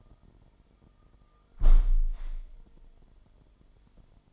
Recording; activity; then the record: daily activity, microphone in the room; close window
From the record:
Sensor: 5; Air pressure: 998.6 hPa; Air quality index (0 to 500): 103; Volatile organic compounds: 2 ppm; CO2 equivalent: 1187 ppm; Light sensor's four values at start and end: 35/85/35/40 and 35/85/35/40